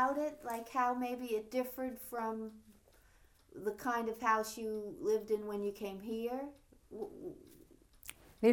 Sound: none

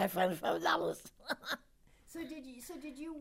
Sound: she laughs

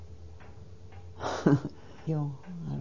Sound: she laughs

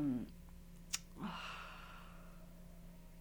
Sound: sighs

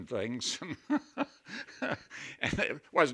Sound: he laughs

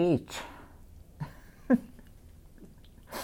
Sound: she laughs

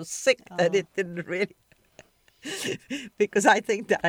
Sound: laughs

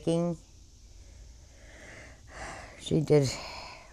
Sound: she sighs

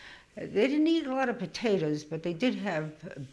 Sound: none

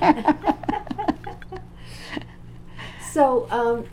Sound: both laugh

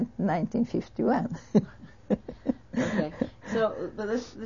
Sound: she laughs

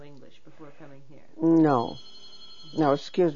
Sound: a telephone rings

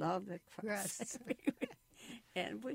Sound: laughs

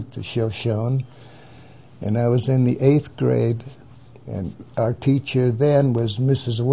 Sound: none

